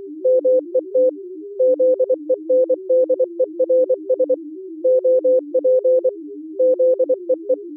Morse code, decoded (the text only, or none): MET ZENDERS OP ZEE